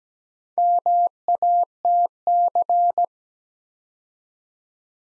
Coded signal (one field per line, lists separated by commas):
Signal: Morse code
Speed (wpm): 17 wpm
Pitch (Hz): 700 Hz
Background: none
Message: MATC